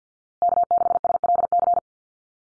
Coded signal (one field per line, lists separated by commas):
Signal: Morse code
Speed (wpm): 50 wpm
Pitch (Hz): 700 Hz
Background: none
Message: K6SLC